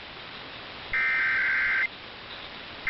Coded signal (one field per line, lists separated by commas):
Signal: Emergency Alert System (SAME) tones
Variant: header bursts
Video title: Catchup and Mustard EAS Alerts (EAS 61-70)